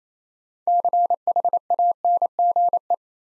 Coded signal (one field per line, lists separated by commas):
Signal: Morse code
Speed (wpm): 37 wpm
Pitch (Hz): 700 Hz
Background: none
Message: CHANGE